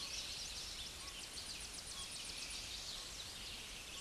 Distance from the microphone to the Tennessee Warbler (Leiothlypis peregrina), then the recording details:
about 85 m. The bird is about level with the microphone. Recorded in a Pennsylvania forest on 16 May 2024 at 09:21. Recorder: AudioMoth, point MSD-0383. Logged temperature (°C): 15.3 °C. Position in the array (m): 9 m, 194 m